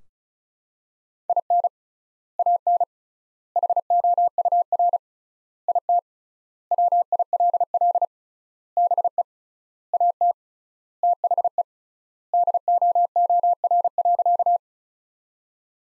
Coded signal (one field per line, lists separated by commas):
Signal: Morse code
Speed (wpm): 34 wpm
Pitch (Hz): 700 Hz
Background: none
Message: IN AN HOUR IT WILL BE AT THE DOOR.